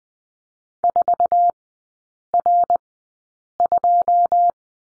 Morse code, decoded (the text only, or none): 4R2